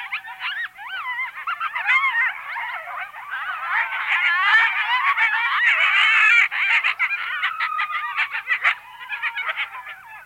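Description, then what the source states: Coyote group howling: a few wavering howls open, then a dense, frenzied chorus of yips and howls that thins toward the end. Barks, yips and howls heard at night over much of North America, from western deserts and mountains to eastern backwoods.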